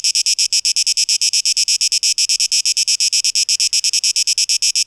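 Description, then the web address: Cicada song of fast, sharp, buzzy pulses, slightly uneven in spacing, high in pitch. Cicadas, 12 August 2023. "audio rauschpartikel Audio 2023-08-12 Zikaden (Tape Echo Mix)"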